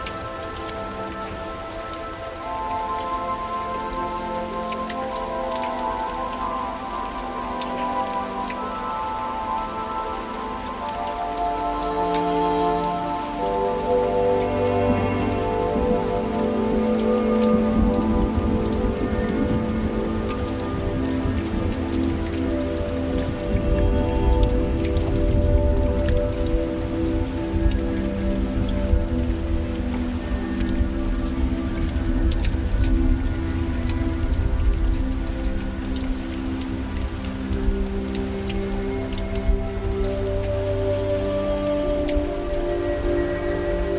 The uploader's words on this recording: Rain Outside the Window Tonight.